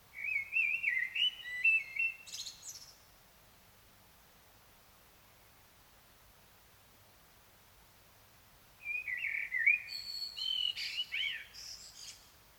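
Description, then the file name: Common blackbird delivering two song phrases about six seconds apart, each a mellow, wavering whistle ending in a shrill, chattering high twitter. "Turdus merula"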